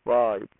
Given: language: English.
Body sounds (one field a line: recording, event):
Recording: throat vibration sensor signal played as sound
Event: speech